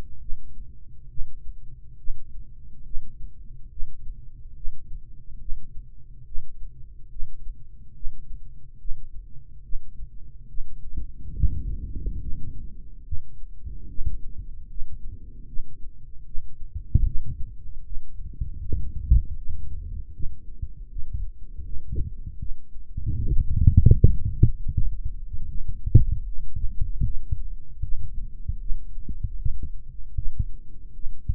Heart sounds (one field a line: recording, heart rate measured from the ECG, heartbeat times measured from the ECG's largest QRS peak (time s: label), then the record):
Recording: heart sounds by microphone in the right ear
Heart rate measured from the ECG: 74 bpm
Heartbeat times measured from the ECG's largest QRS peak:
0.19 s: heartbeat
1.08 s: heartbeat
1.97 s: heartbeat
2.84 s: heartbeat
3.69 s: heartbeat
4.54 s: heartbeat
5.39 s: heartbeat
6.25 s: heartbeat
7.09 s: heartbeat
7.94 s: heartbeat
8.78 s: heartbeat
9.62 s: heartbeat
10.47 s: heartbeat
11.34 s: heartbeat
12.20 s: heartbeat
13.04 s: heartbeat
13.87 s: heartbeat
14.68 s: heartbeat
15.46 s: heartbeat
16.25 s: heartbeat
17.04 s: heartbeat
17.83 s: heartbeat
18.59 s: heartbeat
19.36 s: heartbeat
20.13 s: heartbeat
20.89 s: heartbeat
21.63 s: heartbeat
22.39 s: heartbeat
23.15 s: heartbeat
23.94 s: heartbeat
24.71 s: heartbeat
25.48 s: heartbeat
26.26 s: heartbeat
27.04 s: heartbeat
27.81 s: heartbeat
28.59 s: heartbeat
29.37 s: heartbeat
30.15 s: heartbeat
30.93 s: heartbeat
From the record:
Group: healthy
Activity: breath hold 0-11 s, rest 11-31 s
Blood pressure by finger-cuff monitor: 127/77 mmHg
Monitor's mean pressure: 94 mmHg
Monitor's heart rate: 76 bpm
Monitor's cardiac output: 4.1 L/min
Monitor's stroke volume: 54 mL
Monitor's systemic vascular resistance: 1710 dyn s/cm5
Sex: male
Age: 55 years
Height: 167 cm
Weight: 57.2 kg